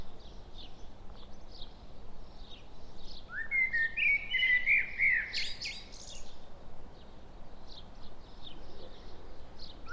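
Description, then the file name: Common blackbird giving one clear warbled phrase with a high squeaky ending, surrounded by faint, repeated high chirps from other birds. "Turdus merula"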